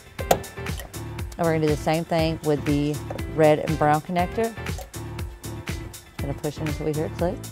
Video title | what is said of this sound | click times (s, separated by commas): 2017 Toyota Corolla Wiring Harness Installation | then you're gonna take the other side and it's gonna push in and see you hear it click as well | 0.3 s